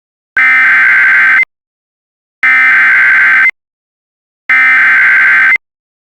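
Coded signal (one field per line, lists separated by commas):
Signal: Emergency Alert System (SAME) tones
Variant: header bursts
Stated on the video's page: Fictional EAS scenario.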